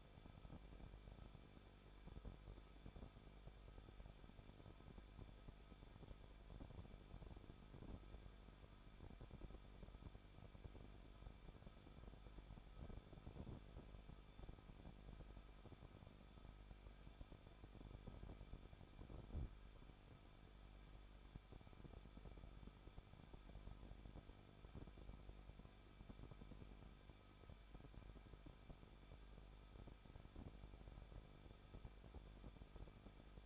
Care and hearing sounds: daily activity, microphone in the room; no activity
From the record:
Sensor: 5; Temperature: 20.8 degrees Celsius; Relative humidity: 38.5%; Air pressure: 1006.5 hPa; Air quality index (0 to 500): 191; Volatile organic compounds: 20 ppm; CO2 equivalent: 2698 ppm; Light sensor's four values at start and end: 2/3/1/1 and 2/3/1/1

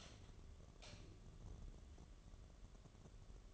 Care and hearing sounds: daily activity, microphone in the room; light on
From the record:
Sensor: 4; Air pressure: 1011.1 hPa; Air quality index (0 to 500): 144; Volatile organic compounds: 3 ppm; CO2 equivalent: 1474 ppm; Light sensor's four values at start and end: 161/419/177/184 and 161/420/178/185

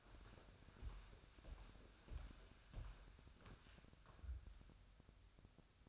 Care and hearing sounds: daily activity, microphone in the room; walk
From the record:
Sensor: 2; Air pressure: 1015.2 hPa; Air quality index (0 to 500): 115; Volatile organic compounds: 3 ppm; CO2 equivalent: 1470 ppm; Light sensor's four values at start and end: 13/35/14/16 and 13/36/14/16

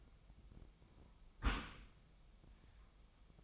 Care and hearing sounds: daily activity, microphone in the room; close dishwasher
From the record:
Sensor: 1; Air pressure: 1004.7 hPa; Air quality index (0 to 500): 118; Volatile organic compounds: 4 ppm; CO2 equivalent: 1631 ppm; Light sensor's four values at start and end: 9/21/8/9 and 9/21/8/9

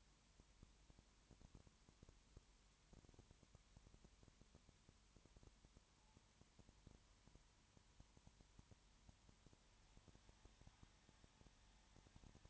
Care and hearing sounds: daily activity, microphone in the room; no activity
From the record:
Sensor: 3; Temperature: 21.1 degrees Celsius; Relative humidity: 37.0%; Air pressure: 1010.6 hPa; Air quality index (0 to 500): 204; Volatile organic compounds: 31 ppm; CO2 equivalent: 2977 ppm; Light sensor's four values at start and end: 2/3/2/2 and 2/3/2/2

